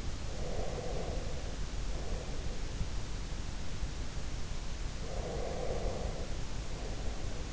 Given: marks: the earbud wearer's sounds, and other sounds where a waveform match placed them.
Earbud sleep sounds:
sounds in sleep by an in-ear microphone; breath
0.39-2.79 s: breath
5.07-7.53 s: breath

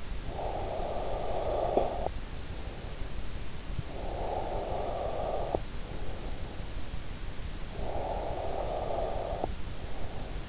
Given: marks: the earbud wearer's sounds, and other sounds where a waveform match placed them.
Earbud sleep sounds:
sounds in sleep by an in-ear microphone; snoring breath, breath
0.00-2.63 s: snoring breath
3.47-6.43 s: breath
7.56-10.49 s: breath

